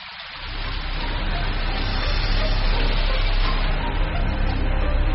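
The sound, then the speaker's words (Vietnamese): Steady, dense rain patter falling on a drifting boat at sea, with a low rumbling undertone, holding at a constant loudness after a brief quiet start. “Ai cũng ngửa đầu, hả miệng, mặc cho những hạt mưa tự do rắc vào, cho nó đã, nó sướng, bù lại những ngày thiếu thốn.”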